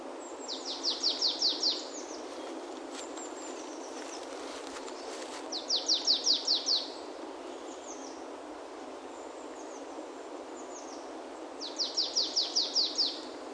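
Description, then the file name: Marsh tit giving short bursts of repeated high clipped notes, about six per burst, three bursts several seconds apart, over steady background noise. "Poecile palustris"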